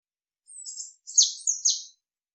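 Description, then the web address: Eurasian blue tit calls: a thin high note followed by two sharp, buzzy downslurred notes, clear against a silent background. "Deverinetal"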